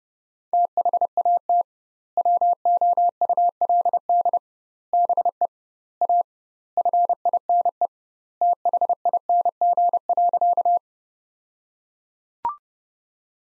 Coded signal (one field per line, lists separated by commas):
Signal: Morse code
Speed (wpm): 30 wpm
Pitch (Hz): 700 Hz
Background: none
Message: THAT WOULD BE A FINE THING.